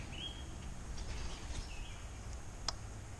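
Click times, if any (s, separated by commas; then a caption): 2.7 s. A spark plug wire boot is pushed onto the spark plug terminal of a Yamaha 115HP four-stroke outboard engine until it snaps on, seating with one sharp click at 2.7 seconds. Faint chirps are heard in the background beforehand.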